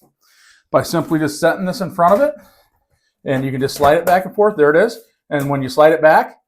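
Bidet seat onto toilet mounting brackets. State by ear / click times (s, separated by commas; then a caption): not seated / none. A bidet toilet seat is set in front of the toilet's two mounting brackets and slid back and forth while someone talks. Nothing has seated or clicked onto the brackets yet.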